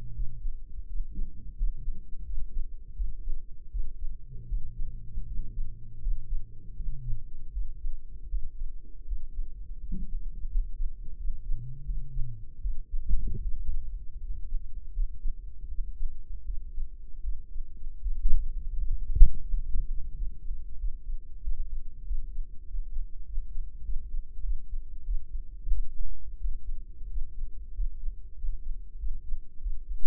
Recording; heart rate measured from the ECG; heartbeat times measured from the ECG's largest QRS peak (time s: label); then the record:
heart sounds by microphone in the right ear; 86 bpm
0.12 s: heartbeat
0.85 s: heartbeat
1.54 s: heartbeat
2.23 s: heartbeat
2.93 s: heartbeat
3.68 s: heartbeat
4.46 s: heartbeat
5.24 s: heartbeat
5.98 s: heartbeat
6.74 s: heartbeat
7.50 s: heartbeat
8.27 s: heartbeat
9.04 s: heartbeat
9.78 s: heartbeat
10.47 s: heartbeat
11.15 s: heartbeat
11.82 s: heartbeat
12.59 s: heartbeat
13.39 s: heartbeat
14.17 s: heartbeat
14.91 s: heartbeat
15.66 s: heartbeat
16.43 s: heartbeat
17.21 s: heartbeat
17.99 s: heartbeat
18.76 s: heartbeat
19.45 s: heartbeat
20.12 s: heartbeat
20.76 s: heartbeat
21.40 s: heartbeat
22.03 s: heartbeat
22.64 s: heartbeat
23.23 s: heartbeat
23.82 s: heartbeat
24.41 s: heartbeat
25.03 s: heartbeat
25.69 s: heartbeat
26.37 s: heartbeat
27.07 s: heartbeat
27.71 s: heartbeat
28.34 s: heartbeat
28.96 s: heartbeat
29.59 s: heartbeat
From the record:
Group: healthy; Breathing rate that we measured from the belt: 14 breaths a minute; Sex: male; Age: 21 years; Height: 180 cm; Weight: 67.5 kg